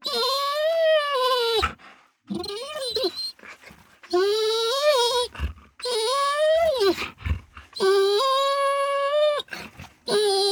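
Dog giving long, plaintive whines that rise and fall, repeated several times with short gaps between.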